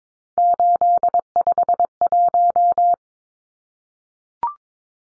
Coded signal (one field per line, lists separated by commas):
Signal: Morse code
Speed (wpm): 22 wpm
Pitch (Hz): 700 Hz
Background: none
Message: 851